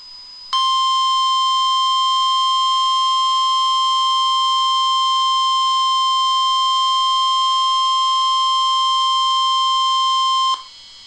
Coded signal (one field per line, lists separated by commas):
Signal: Emergency Alert System (SAME) tones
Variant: 1050 Hz attention tone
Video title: Real NOAA Weather Radio EAS Alert #68